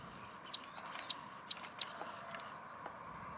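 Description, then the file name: White-vented violetear song: four sharp, high, clicky chips spaced about a third to half a second apart over a steady low background hum. "Canto da violeta de vento branco"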